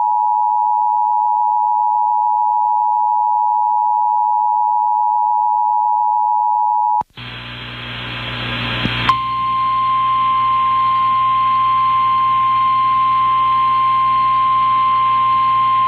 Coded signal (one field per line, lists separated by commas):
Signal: Emergency Alert System (SAME) tones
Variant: 853 and 960 Hz attention tone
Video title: [EAS] WQDR - Tornado Warning Activation (1) - 9/27/2024